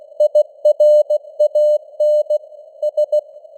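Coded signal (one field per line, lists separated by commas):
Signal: Morse code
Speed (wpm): 16 wpm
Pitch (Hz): 600 Hz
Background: none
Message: IRAN S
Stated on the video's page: Morse news headlines at 16 wpm with simulated radio noise and varying signal strength (QSB).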